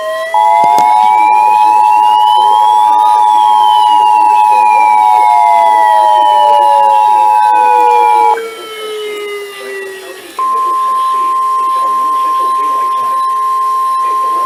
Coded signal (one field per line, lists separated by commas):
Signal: Emergency Alert System (SAME) tones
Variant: 853 and 960 Hz attention tone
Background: speech